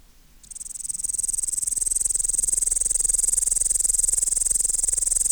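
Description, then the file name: Upland green bush-cricket starting up after a brief quiet moment, then a steady, intense high-pitched buzzing trill throughout. "Tettigonia cantans"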